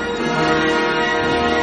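Orchestral bells ring out in bright, sustained tones over a dense, steady wash of full orchestral music, loud and even throughout, with no voices.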